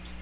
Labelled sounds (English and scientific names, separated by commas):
Magnolia Warbler (Setophaga magnolia) flight call